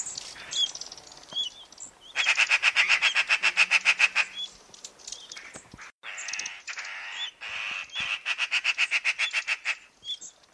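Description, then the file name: Eurasian magpie chattering, loud rapid rattles of harsh repeated notes in several series, with short pauses and a few thin squeaky notes between. "Pica pica"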